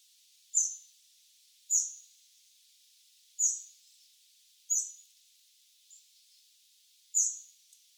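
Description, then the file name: Eurasian wren calls: single sharp high ticks spaced irregularly, a second or more apart, with a faint softer note between. "Troglodytes troglodytes"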